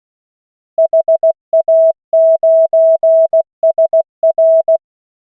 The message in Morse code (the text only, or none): HA9SR